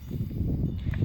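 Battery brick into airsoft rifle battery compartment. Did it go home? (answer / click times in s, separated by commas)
partly / 0.9 s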